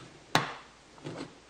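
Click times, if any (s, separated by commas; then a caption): 0.4 s. An HID bulb is inserted at an angle into the back of a Circuit Demon headlamp housing for a 2003-2005 SG Subaru Forester and twisted until it locks. A sharp, bright snap at 0.4 s marks the bulb locking into place, followed by softer, duller handling sounds around 1.0–1.3 s. The bulb is seated and locked in the housing.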